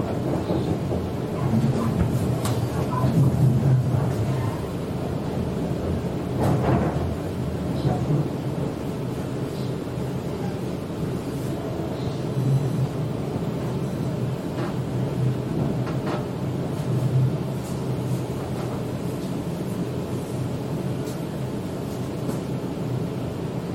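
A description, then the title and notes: A Sydney train ride, filled with a steady low rumble and rolling hum that barely changes over the whole stretch. Faint clicks and brief brighter taps come through now and then, around 2, 6 and 17 seconds, over the constant drone. Go to City by Sydney Train 電車でシドニー市内に向かう.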